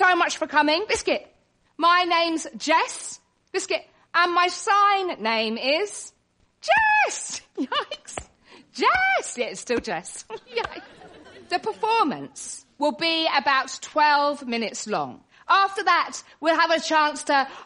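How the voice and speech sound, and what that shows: A woman speaks clearly to an audience, but the word "biscuit" breaks into her sentences twice and "yikes" bursts out twice, unrelated to what she is saying. These are involuntary vocal tics of Tourette syndrome, noises she cannot control.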